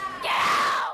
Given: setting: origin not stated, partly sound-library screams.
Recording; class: one-second piece from a danger detection set; woman in danger